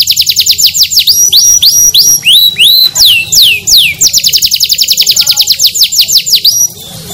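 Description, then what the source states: Canary song, loud and fast: runs of sharply falling whistled notes, several per second, ending in a quicker run of steep falling notes. Kenari described as gacor, singing actively and continuously.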